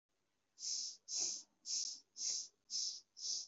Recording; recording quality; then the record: shallow breathing; excellent, no background noise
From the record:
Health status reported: COVID-19 positive, no symptoms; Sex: male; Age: 25 years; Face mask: not worn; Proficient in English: no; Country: India